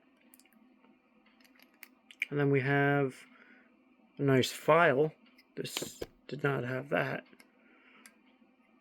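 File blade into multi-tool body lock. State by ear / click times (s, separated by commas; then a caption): seated / 7.4 s, 8.1 s. Someone talks while the file blade of a metal multi-tool is swung open. Small ticking clicks at 7.4 s and 8.1 s mark the blade locking in place in the multi-tool body.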